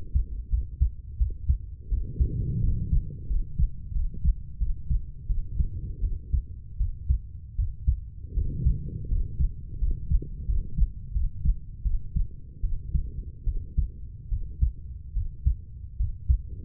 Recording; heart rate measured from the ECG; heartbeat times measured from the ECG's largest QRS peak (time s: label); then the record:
heart sounds by stethoscope; 81 bpm
0.49 s: heartbeat
1.17 s: heartbeat
1.89 s: heartbeat
2.61 s: heartbeat
3.27 s: heartbeat
3.93 s: heartbeat
4.58 s: heartbeat
5.27 s: heartbeat
6.01 s: heartbeat
6.77 s: heartbeat
7.56 s: heartbeat
8.34 s: heartbeat
9.09 s: heartbeat
9.79 s: heartbeat
10.46 s: heartbeat
11.12 s: heartbeat
11.83 s: heartbeat
12.61 s: heartbeat
13.44 s: heartbeat
14.29 s: heartbeat
15.14 s: heartbeat
15.97 s: heartbeat
From the record:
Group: healthy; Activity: rest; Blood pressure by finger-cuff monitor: 138/79 mmHg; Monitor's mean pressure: 95 mmHg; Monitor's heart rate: 84 bpm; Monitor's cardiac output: 7 L/min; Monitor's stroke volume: 83 mL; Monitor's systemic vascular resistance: 990 dyn s/cm5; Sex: female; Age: 32 years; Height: 168 cm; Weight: 61.9 kg